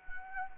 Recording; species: mosquito wingbeat signal from an infrared sensor; Anopheles arabiensis